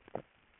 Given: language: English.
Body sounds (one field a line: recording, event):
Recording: throat vibration sensor signal played as sound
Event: swallow